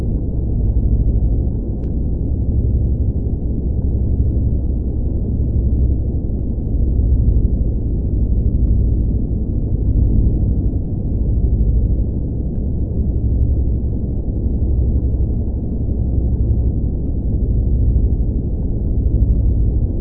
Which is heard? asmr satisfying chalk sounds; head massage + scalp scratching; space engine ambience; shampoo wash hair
space engine ambience